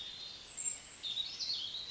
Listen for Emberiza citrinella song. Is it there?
no